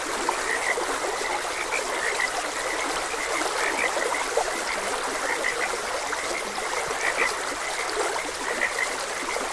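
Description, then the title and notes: Many frogs croaking together, brief clicky notes tumbling over one another, set against steady running water. Frogs croaking beside a gentle stream. "Gentle Stream and Frogs Croaking. Sleep and Relaxation Podcast"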